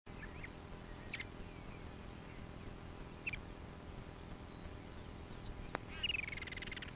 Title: LuckyPassaro Completos2Sama. Black-masked Finch (Coryphaspiza melanotis)